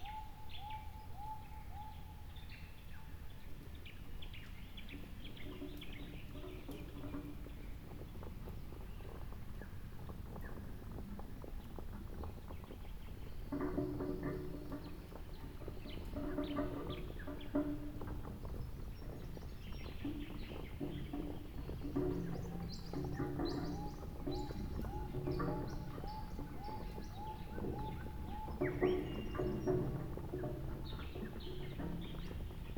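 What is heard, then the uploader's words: A field recording around a bush hut: a steady low rumble runs throughout, with a held mid-pitched tone in the opening seconds. From about thirteen seconds on, clicks, knocks and animal-like calls grow busier, and brighter chirps scatter through the final stretch. Recordings I made mostly at my bush hut. They were made with a pair of binaural microphones that are worn in the ears of the recordist.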